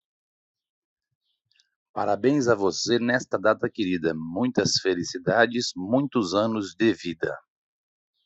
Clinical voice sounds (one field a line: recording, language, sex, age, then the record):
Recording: short text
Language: Brazilian Portuguese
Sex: male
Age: 40 to 49 years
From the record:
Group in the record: control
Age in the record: 45 years